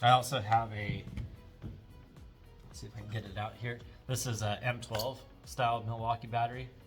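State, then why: Not seated. A Milwaukee M12-style 12 V power tool battery is handled near a 3D-printed plastic organizer holder it is meant to pop into. Someone talks over background music, with faint handling knocks around 1.6 and 2.2 seconds. Nothing has seated or clicked yet.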